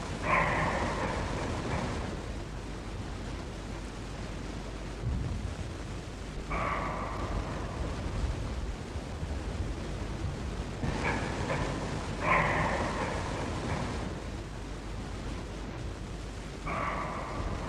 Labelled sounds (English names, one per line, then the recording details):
Western Roe Deer
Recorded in the wild
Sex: diverse
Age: adult
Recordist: Meyer, Hugo
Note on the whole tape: Bock: Schrecken in verschiedenen Aufnahmen, Ricke: Fiepen (nachgeahmt)